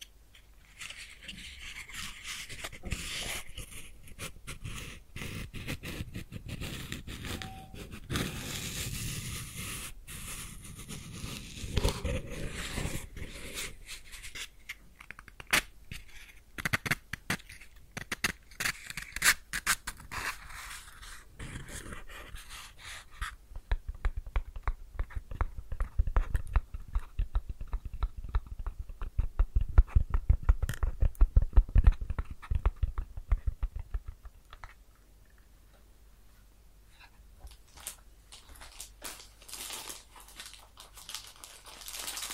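A small flame from a match crackles and sizzles close up, with dense, irregular snaps and a bright hiss through the first twelve seconds. Rapid crackling continues and peaks around 25 to 34 seconds, then thins to sparse, faint pops near the end.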